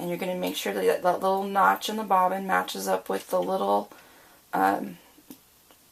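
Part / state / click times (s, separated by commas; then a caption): bobbin onto sewing machine bobbin winder spindle / seated / 5.3 s. A plastic bobbin is lined up so its notch matches the notch on a sewing machine's bobbin-winder pin and pushed onto the spindle while someone talks. A small, sharp click at 5.3 seconds marks the bobbin snapping onto the pin, confirming it is seated.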